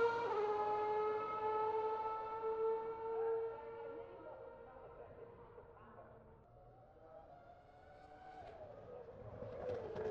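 A Formula 1 engine screams past, its high whine sliding down in pitch and fading by five seconds before another car approaches.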